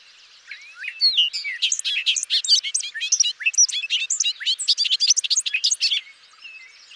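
Bobolink song: a long, fast, bubbling cascade of high, tinny, twanging notes tumbling up and down for about five seconds before stopping.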